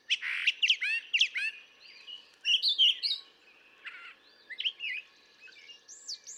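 Brown thrasher song beginning with loud, harsh and slurred notes in pairs, then softer whistled phrases with longer gaps.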